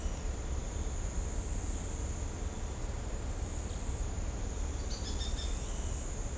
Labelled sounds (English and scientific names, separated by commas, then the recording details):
White-whiskered Spinetail (Synallaxis candei)
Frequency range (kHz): White-whiskered Spinetail (Synallaxis candei) 2.5-6.5 kHz
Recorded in shrubland near Pivijay, Magdalena, Colombia, on 4 June 2023 at 17:30
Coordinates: 10.453, -74.365
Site P5-G022